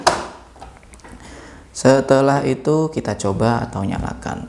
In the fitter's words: kemudian ini ditutup dengan dikunci ditekan kebawah sampai klik kemudian kita tutup